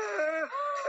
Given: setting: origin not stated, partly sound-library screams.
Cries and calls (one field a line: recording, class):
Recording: one-second piece from a danger detection set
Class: woman in danger